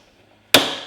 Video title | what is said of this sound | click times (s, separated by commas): How to replace Samsung (right) lower rail cover part # DA63-04605A | To reinstall the freezer drawer slide rail, insert the gear end first, and then push it until it locks in place. | 0.5 s